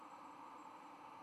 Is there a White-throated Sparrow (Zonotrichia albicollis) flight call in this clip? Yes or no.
no